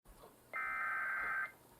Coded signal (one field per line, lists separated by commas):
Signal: Emergency Alert System (SAME) tones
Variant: header bursts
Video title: EAS Child Abduction Emergency Issued by SCEMA + Live Voice & Relayed by Sage Endec